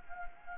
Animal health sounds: mosquito wingbeat signal from an infrared sensor; Anopheles gambiae

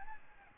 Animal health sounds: mosquito wingbeat signal from an infrared sensor; Aedes albopictus

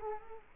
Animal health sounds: mosquito wingbeat signal from an infrared sensor; Culex quinquefasciatus

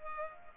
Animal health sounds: mosquito wingbeat signal from an infrared sensor; Culex pipiens

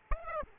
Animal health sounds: mosquito wingbeat signal from an infrared sensor; Aedes aegypti

